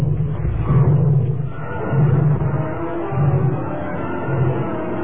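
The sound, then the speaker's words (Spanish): A tiger roars as it lunges to attack, in deep, rumbling bursts, four heavy swells rising and falling over a low growl that never fully stops, loud and menacing with no voices. “en el preciso instante en que el tigre se lanzaba al ataque.”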